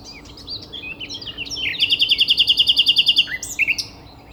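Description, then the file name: Common nightingale song with soft scattered notes building into a loud, even series of rapid repeated notes, ending in a short flourish. "Luscinia megarhynchos"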